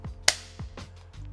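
During a dummy-round demonstration of clearing a failure to fire, a pistol magazine is palm-tapped into the pistol grip's magazine well to make sure it is fully seated. One sharp, loud impact lands at 0.3 s, with a few fainter low thumps and rustles before and after. The magazine is seated.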